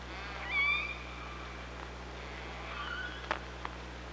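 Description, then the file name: Killer whale call, a bright harmonic rising tone then a long level note, followed by fainter calls and two sharp clicks over steady low hum. OrcaLab hydrophone, 24 August 2017. "Orca Lab 20170824"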